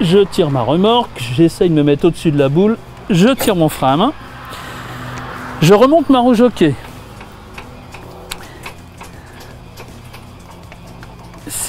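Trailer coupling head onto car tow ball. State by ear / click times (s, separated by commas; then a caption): not seated / none. Someone talks while a trailer coupling head is lowered onto a car's tow ball by winding the jockey wheel up, followed by a series of light ticks between about 7.6 and 11.0 s, most likely from winding the jockey wheel crank. The coupler has not latched onto the tow ball; nothing has clicked into place yet.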